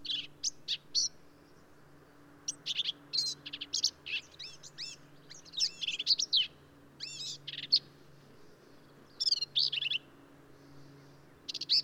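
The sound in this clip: Black-capped vireo in a busy string of varied, slurred and squeaky phrases with short pauses, over a low faint hum.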